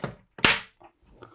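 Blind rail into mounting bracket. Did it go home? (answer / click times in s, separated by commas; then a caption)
yes / 0.4 s. The rail of an electric honeycomb roof lantern blind is pushed up into a ceiling mounting bracket, with a short knock at the start before a sharp, bright click at 0.45 s. The click, which should be heard at every bracket, confirms the rail is seated in the bracket, followed by a few faint small knocks.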